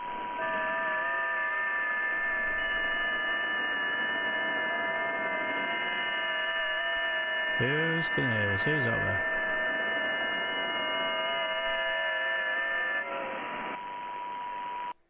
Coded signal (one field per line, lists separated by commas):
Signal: FT8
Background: speech